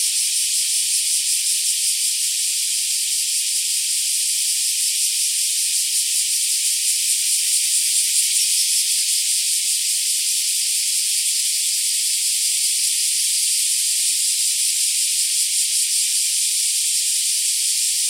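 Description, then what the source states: Black cicadas producing a dense, sustained shrill buzz with no breaks. Several black cicadas.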